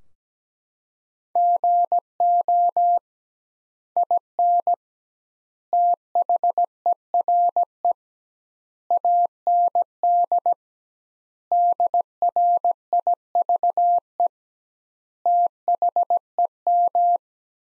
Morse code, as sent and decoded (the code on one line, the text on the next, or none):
--. --- / .. -. / - .... . .-. . / .- -. -.. / -.. .-. .. ...- . / - .... . --
GO IN THERE AND DRIVE THEM